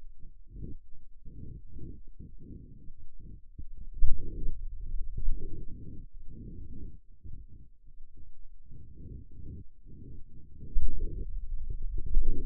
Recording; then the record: forearm muscle sounds (acoustic myography)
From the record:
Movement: finger pinch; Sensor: system 2, bracelet of six BSWA MPA416 microphones around the upper forearm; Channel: 6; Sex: male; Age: 22 years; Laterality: right